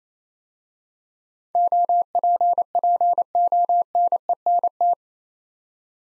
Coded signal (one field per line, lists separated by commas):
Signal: Morse code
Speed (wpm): 28 wpm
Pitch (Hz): 700 Hz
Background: none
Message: OPPONENT